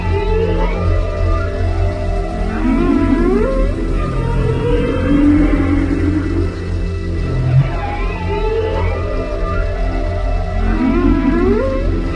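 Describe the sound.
Whale vocalizations, repeated low moaning calls that swoop upward, recurring every few seconds over a continuous deep rumble.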